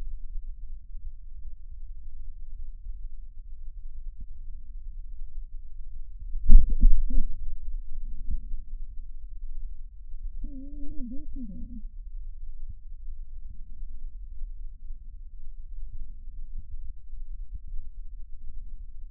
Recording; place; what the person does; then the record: lung sounds by stethoscope; left posterior basal chest; quiet breathing, then cough and speech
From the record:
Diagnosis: interstitial lung disease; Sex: female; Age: 61 years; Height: 155 cm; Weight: 75.5 kg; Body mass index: 31.4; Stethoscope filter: bell mode